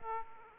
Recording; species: mosquito wingbeat signal from an infrared sensor; Aedes aegypti